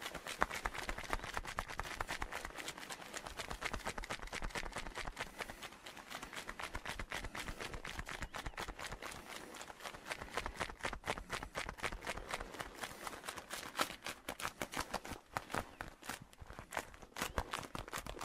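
Gentle creaking and crackling of a leather coat fills the whole stretch as a dense run of crisp, irregular ticks and snaps. The clicks come quickly and unevenly, spacing out a little in the later seconds, over a faint low murmur.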